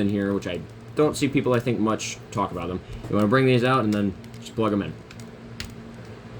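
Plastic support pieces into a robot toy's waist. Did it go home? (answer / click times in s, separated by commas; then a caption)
yes / 5.6 s. Someone talks while small plastic support pieces are pulled out of a Power of the Primes Predaking robot toy and plugged into its waist to help hold it up. A short, sharp click is heard at 5.6 s as the pieces seat in place, after which there is only quiet background.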